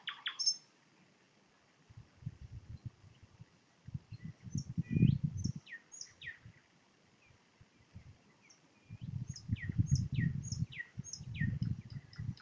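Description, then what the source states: Nightingale song: sharp high notes and rising and falling whistles in phrases, with bursts of low rumbling noise. Recorded with a parabolic microphone in Poland.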